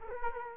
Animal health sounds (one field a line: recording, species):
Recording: mosquito wingbeat signal from an infrared sensor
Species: Culex quinquefasciatus